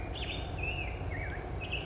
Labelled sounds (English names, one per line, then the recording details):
Black-headed Grosbeak
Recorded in Sonoma County, California